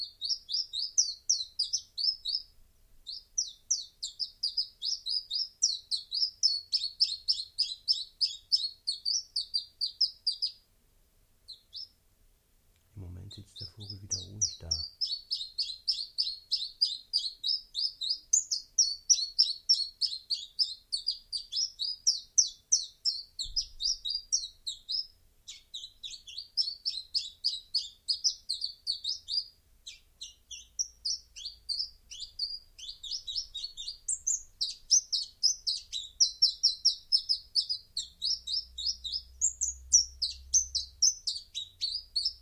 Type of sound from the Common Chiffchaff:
song